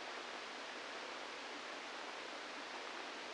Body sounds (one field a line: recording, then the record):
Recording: brain microelectrode recording played as sound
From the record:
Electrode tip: outside the subthalamic nucleus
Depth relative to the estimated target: 3 mm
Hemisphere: left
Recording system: NeuroSet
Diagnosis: Parkinson's disease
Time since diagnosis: 17 years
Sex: male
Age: 64 years